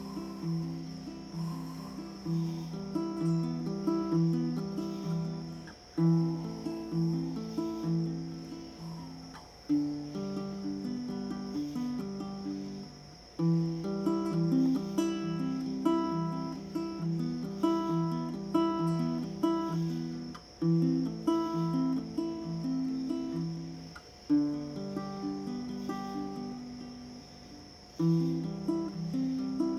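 Crickets chirr in a steady, high, unbroken line while low sustained strings play layered chords underneath. The strings swell and fade in phrases that restart about every four seconds, each with a fresh attack, and faint higher tones flicker above them.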